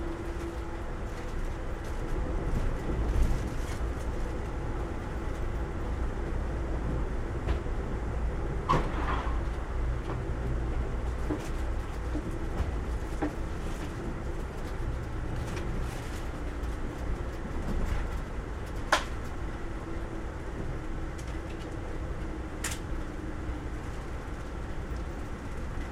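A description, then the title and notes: A train ride with a constant low rumble and a steady hum underneath that hardly changes across the whole stretch. Faint rattles and clicks flicker throughout, and a few sharp knocks stand out near 9, 19 and 23 seconds. Train Ride From Tampa To Ft.Lauderdale.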